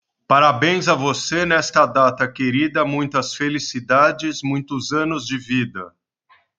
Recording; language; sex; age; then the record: short text; Brazilian Portuguese; male; 50 to 59 years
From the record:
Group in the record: control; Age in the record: 58 years